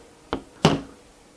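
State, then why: Partly seated. A steel smooth rod is pushed by hand into a printed plastic X-axis end part during X-axis assembly of an Original Prusa i3 MK3 3D printer kit. Two sharp knocks are heard at 0.3 s and 0.7 s, with the second push louder and longer. The press-fit is only partly done, and the rod is not yet fully home.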